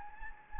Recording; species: mosquito wingbeat signal from an infrared sensor; Anopheles gambiae